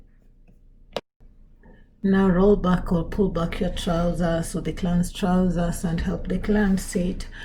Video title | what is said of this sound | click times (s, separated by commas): HOW TO PUT ON A PROSTHETIC LEG - ARTIFICIAL LEG - AMPUTEE | two clicks the two clicks shows everything is properly fitted | 1.0 s